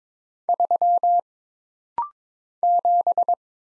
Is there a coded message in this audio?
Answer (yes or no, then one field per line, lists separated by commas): yes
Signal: Morse code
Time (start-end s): 0.5-3.3 s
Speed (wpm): 22 wpm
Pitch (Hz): 700 Hz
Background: none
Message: 3 7